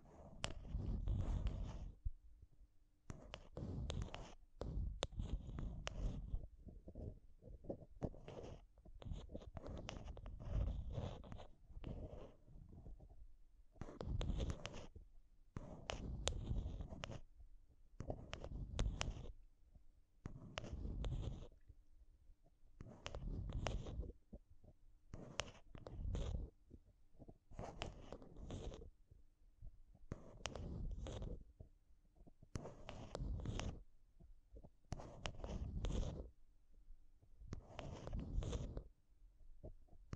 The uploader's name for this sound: Intense Mic Tapping and Scratching Sounds